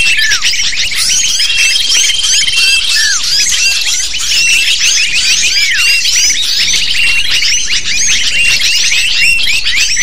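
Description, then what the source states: Many lovebirds chattering together, packed shrill chirps and squeaks with a few drawn-out whistles and sliding calls over a steady background. Used to lure lovebirds.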